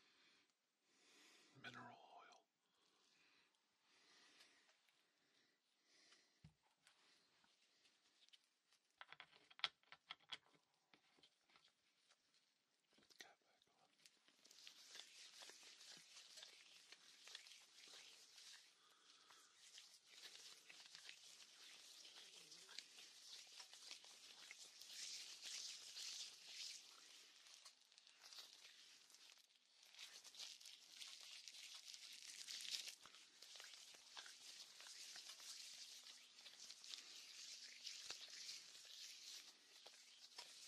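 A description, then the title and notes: Binaural massage sounds: soft taps and brushes at first, then from about fourteen seconds a dense, bright, steady rubbing and crinkling. One Hour Binaural Massage ASMR.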